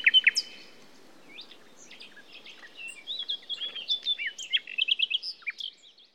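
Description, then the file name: Common nightingale giving a few loud sharp notes, then a softer run of chips and slurred whistles that quickens into rapid warbled notes toward the end, with light background hiss. "Luscinia megarhynchos"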